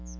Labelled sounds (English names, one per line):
Chestnut-sided Warbler flight call